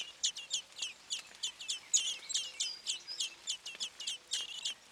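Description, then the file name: Common blackbird calling with fast, high, metallic notes in a steady stream of three or four a second, with a faint low tone underneath. "Turdus merula"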